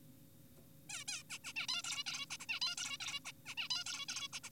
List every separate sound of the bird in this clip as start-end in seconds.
0.90-1.04, 1.08-1.22, 1.30-1.38, 1.44-1.53, 1.56-1.67, 1.69-1.82, 1.84-2.04, 2.06-2.26, 2.30-2.37, 2.40-2.46, 2.49-2.60, 2.62-2.76, 2.78-2.98, 3.00-3.20, 3.25-3.32, 3.46-3.55, 3.58-3.68, 3.70-3.84, 3.86-4.06, 4.08-4.28, 4.33-4.40, 4.44-4.50